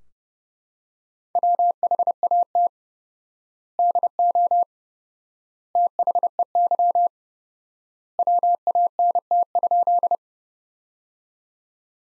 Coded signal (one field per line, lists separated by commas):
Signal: Morse code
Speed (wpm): 31 wpm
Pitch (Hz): 700 Hz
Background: none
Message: WHAT DO THEY WANT?